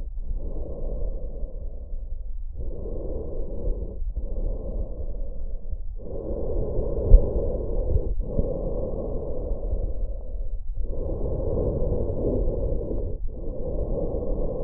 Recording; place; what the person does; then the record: lung sounds by stethoscope; trachea; quiet breathing, then deep breathing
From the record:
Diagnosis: COPD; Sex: male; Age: 70 years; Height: 174 cm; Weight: 94 kg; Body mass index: 31.0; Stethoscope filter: extended mode